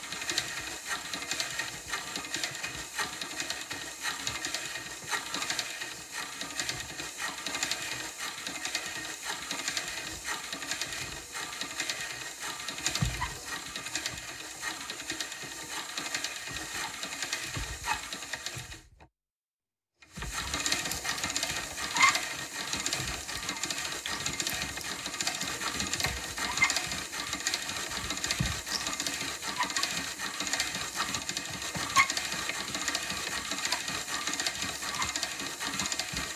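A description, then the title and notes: A hand-cranked pasta machine grinds steadily, a dense metallic whirring and rattling with busy clicks throughout. Around nineteen seconds the sound cuts out completely for about a second, then the cranking resumes with a few sharper knocks. Cranking A Pasta Machine, Different Speeds, Grinding. Recorded different actions of a pasta machine.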